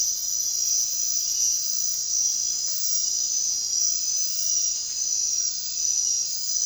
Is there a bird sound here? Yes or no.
no